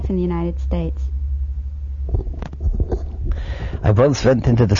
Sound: microphone noise

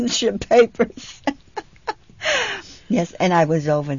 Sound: she laughs

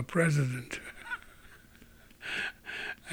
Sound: he laughs

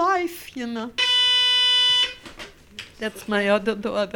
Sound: a doorbell rings

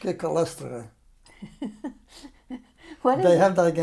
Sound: chuckles

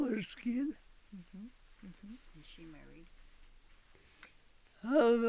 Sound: voice off mic

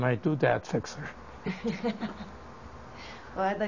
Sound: laughs

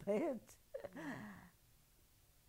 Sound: chuckles

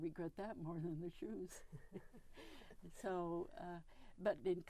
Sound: chuckles

